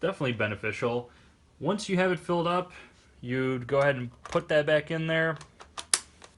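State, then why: Seated. A plastic magazine, refilled with BBs, is pushed back into an AGM M-500 airsoft shotgun while someone talks. After the talking, a few light taps lead to a sharp click at 5.9 s as the magazine seats into place.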